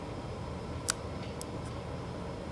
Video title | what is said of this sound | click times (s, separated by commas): How to use the portable DVR with LCD | not sure if you heard that or not but that clicks in | 0.9 s